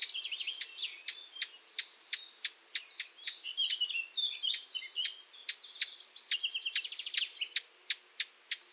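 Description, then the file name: Eurasian blackcap giving a long series of hard, clicking tac calls, with softer warbling running beneath. "Sylvia atricapilla"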